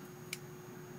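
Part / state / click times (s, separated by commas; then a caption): plastic shipping plug in a lock cylinder / released / 0.3 s. A small black plastic shipping plug, stuck in a Mul-T-Lock lock cylinder, is turned a little until it clicks free. A single short, sharp click is heard at 0.3 s over a steady low background hum. The plug is released and can then be pulled all the way out.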